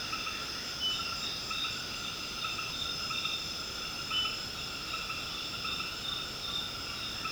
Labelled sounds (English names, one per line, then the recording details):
none
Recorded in secondary vegetation near Puerto Asís, Putumayo, Colombia, on 18 February 2024 at 19:30
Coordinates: 0.472, -76.331
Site G6371